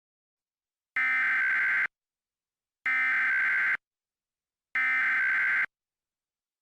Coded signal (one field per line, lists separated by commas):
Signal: Emergency Alert System (SAME) tones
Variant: header bursts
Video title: EAS Scenario: Lava Can Hear You REMASTERD: Original Made By Matthew Cumpton